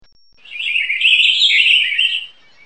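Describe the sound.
Purple finch: one drawn-out, wavering high sound lasting about two seconds, dipping and rising slightly, with a faint thin overtone above; otherwise quiet.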